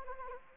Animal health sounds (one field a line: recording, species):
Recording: mosquito wingbeat signal from an infrared sensor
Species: Anopheles arabiensis